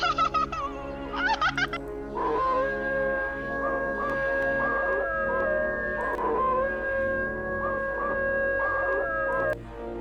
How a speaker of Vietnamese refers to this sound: Con chó bị xích ở đầu nhà cứ rú lên từng hồi ghê rợn.